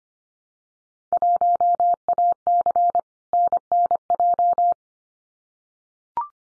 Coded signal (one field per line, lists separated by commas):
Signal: Morse code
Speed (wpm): 25 wpm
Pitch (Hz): 700 Hz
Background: none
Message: 1AC NNJ